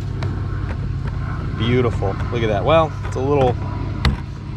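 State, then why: Seated. A kayak paddle shaft is pushed into a plastic paddle holder mounted on an accessory rail while someone talks over a steady low rumble. The paddle snaps into place with one sharp click at 4.1 s, though the fit is a little wobbly.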